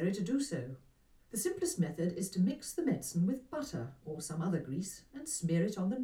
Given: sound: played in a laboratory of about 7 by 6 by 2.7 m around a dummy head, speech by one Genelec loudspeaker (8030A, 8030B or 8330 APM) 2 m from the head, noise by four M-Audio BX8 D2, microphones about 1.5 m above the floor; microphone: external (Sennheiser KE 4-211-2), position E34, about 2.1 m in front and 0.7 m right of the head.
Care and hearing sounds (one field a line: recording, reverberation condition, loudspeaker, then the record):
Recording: female speech in English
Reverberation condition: low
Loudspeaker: behind (180 degrees)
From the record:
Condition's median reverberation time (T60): about 310 ms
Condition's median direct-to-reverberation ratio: about 3.5 dB